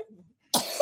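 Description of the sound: A faint bit of voice, a brief pause, then a single abrupt, harsh cough burst that runs to the end. It is one forceful, noisy cough from a young child, probably caught at daycare or preschool.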